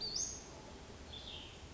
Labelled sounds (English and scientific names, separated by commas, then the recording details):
Western Flycatcher (Empidonax difficilis)
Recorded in Sonoma County, California